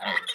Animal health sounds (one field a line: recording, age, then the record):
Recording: pig call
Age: piglet (1 to 25 days)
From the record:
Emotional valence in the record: negative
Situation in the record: long isolation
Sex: male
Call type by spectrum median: low-frequency call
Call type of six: mixed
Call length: 0.36 s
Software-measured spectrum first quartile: 1585 Hz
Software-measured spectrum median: 2068 Hz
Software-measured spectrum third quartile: 3438 Hz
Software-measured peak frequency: 1947 Hz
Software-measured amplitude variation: 263 dB a second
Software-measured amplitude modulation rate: 18.2 a second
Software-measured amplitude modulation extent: 14.5 dB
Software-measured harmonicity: 2.9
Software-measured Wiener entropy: -1.78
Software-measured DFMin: 636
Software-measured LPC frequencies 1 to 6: 858, 1951, 3239, 3739, 5321, 6539 Hz